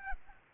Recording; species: mosquito wingbeat signal from an infrared sensor; Aedes albopictus